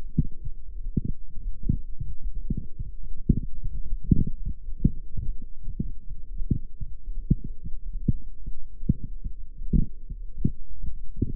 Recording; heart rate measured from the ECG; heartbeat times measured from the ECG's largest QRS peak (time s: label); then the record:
heart sounds by microphone in the right ear; 108 bpm
0.14 s: heartbeat
0.70 s: heartbeat
1.26 s: heartbeat
1.82 s: heartbeat
2.38 s: heartbeat
2.94 s: heartbeat
3.50 s: heartbeat
4.06 s: heartbeat
4.62 s: heartbeat
5.18 s: heartbeat
5.73 s: heartbeat
6.29 s: heartbeat
6.84 s: heartbeat
7.39 s: heartbeat
7.95 s: heartbeat
8.50 s: heartbeat
9.05 s: heartbeat
9.60 s: heartbeat
10.15 s: heartbeat
10.71 s: heartbeat
11.26 s: heartbeat
From the record:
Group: healthy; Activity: light exercise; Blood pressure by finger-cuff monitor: 148/79 mmHg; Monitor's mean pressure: 103 mmHg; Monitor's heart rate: 109 bpm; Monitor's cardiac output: 9.8 L/min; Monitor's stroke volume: 91 mL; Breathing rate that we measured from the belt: 26 breaths a minute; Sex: female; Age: 32 years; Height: 172 cm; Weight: 71.7 kg